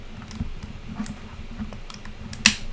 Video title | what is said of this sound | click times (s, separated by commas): Repair the adjustable plastic part on Austrian Audio Hi-X60/Hi-X65(3D print needed) | hear the click sound. Whew. | 2.5 s